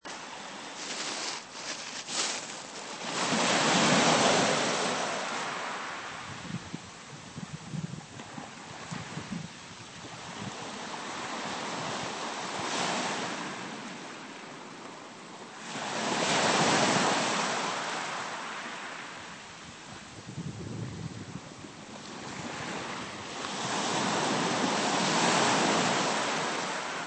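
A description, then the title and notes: Ocean surf rolls in, with swells rising and breaking about every five to eight seconds, loudest near 4, 13, 17 and 25 seconds. Between waves a steady rushing hiss of foam and water continues, with some low wind rumble underneath. This is a 48 second recording of the ocean surf in Kennebunkport, Maine.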